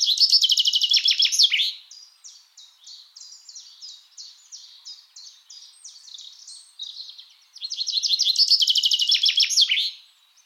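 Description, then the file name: Common chaffinch singing two rapid, bright trilled phrases ending in a flourish, at the start and near the end, separated by a quieter series of repeated high notes. "Fringilla coelebs"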